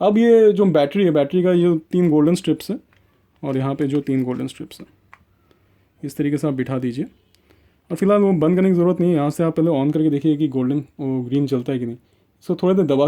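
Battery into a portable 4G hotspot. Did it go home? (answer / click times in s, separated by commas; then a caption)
yes / 5.1 s. A battery with three gold contacts is lined up with the three gold contacts in the battery bay of a Reliance JioFi portable 4G LTE hotspot and pressed in. It drops into place with a sharp snap at 5.1 s, followed by a fainter tick at 5.5 s. A man talks throughout.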